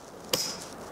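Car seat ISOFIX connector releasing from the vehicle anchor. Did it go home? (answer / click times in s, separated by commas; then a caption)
released / 0.3 s. The release button at the ISOFIX base of an Axkid child car seat is pressed down and in, and the connector releases from the vehicle anchor with one sharp, bright click at 0.3 s. Quiet low background noise follows. The indicator turns red, so the seat can be removed.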